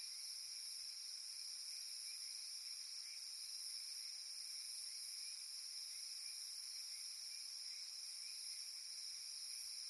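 Cicada: a steady, piercing layered buzz that never stops across the whole stretch, with a few faint low clicks underneath.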